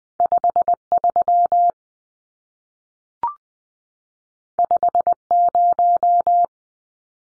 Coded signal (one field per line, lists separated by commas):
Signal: Morse code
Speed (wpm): 20 wpm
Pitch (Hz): 700 Hz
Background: none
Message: 53 50